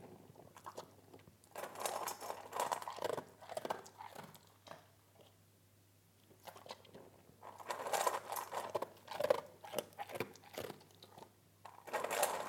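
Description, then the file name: Dog chewing food, with crisp crunching and crinkling bites in two long bouts divided by a quiet stretch in the middle. Dog eating. "Hund frisst"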